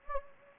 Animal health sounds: mosquito wingbeat signal from an infrared sensor; Anopheles gambiae

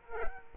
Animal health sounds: mosquito wingbeat signal from an infrared sensor; Culex quinquefasciatus

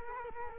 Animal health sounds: mosquito wingbeat signal from an infrared sensor; Culex quinquefasciatus

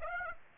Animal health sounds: mosquito wingbeat signal from an infrared sensor; Aedes aegypti

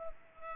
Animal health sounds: mosquito wingbeat signal from an infrared sensor; Culex pipiens

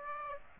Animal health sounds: mosquito wingbeat signal from an infrared sensor; Aedes aegypti

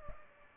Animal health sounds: mosquito wingbeat signal from an infrared sensor; Aedes albopictus

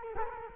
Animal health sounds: mosquito wingbeat signal from an infrared sensor; Culex quinquefasciatus

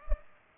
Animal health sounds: mosquito wingbeat signal from an infrared sensor; Culex pipiens

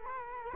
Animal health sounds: mosquito wingbeat signal from an infrared sensor; Culex quinquefasciatus

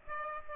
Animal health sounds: mosquito wingbeat signal from an infrared sensor; Aedes aegypti

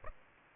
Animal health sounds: mosquito wingbeat signal from an infrared sensor; Aedes aegypti

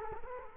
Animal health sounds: mosquito wingbeat signal from an infrared sensor; Culex quinquefasciatus

